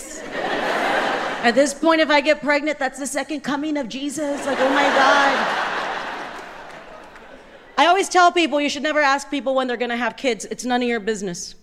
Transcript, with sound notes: At this point, if I get pregnant, that's the second coming of Jesus. Like, Oh, my God.
(LAUGHTER)
I always tell people you should never ask people when they're going to have kids. It's none of your business,